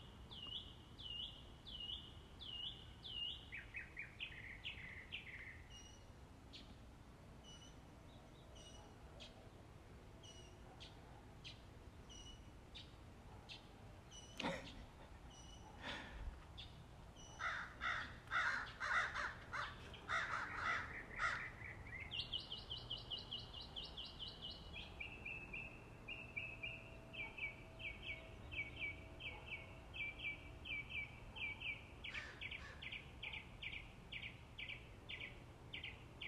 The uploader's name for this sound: birds singing